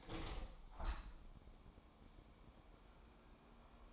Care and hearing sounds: daily activity, microphone in the room; open window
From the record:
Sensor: 1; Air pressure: 1000.6 hPa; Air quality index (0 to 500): 182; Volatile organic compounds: 4 ppm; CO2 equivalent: 1677 ppm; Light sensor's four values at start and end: 10/24/10/11 and 11/26/11/12

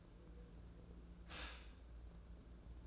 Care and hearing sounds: daily activity, microphone in the room; stop toaster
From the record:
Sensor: 2

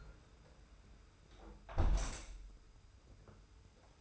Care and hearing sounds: daily activity, microphone in the room; close window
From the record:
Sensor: 2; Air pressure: 991.2 hPa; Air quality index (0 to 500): 129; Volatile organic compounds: 140 ppm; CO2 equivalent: 3976 ppm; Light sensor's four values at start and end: 37/108/43/41 and 37/107/42/40

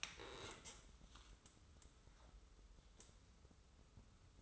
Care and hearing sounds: daily activity, microphone in the room; stand up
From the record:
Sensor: 3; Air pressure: 994.4 hPa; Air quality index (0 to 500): 199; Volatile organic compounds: 1000 ppm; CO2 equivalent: 6610 ppm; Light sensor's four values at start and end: 115/268/111/105 and 142/333/139/136

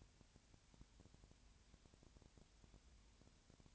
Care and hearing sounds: daily activity, microphone in the room; no activity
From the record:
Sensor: 2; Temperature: 20.4 degrees Celsius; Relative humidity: 35.5%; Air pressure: 1007.1 hPa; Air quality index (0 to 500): 122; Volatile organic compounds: 2 ppm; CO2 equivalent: 1257 ppm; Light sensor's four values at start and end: 2/3/2/2 and 2/3/2/2

